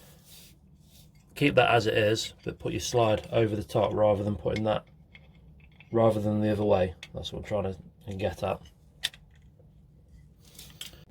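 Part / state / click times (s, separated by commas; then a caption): internal assembly into airsoft pistol top slide / not seated / none. Someone talks while the internal assembly of an airsoft 1911 blowback pistol is pushed back into the plastic/metal top slide, with the slide held over the top, making small handling clicks and taps. Nothing has seated or clicked into place yet.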